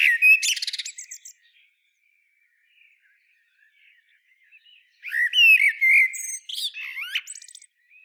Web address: SETE data Turdus merula